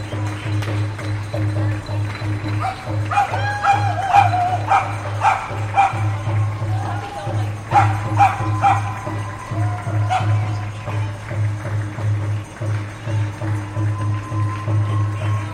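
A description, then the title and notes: New Yorkers cheer from their windows, heard over a steady low city hum. A dense burst of claps, shouts, whistles and dog-like yips builds from about three seconds to ten, then thins out, with a long whistled tone near the end. Recording of New Yorkers at their windows cheering essential workers at 7pm. Washington Heights, Cabrini Blvd and 190th Street.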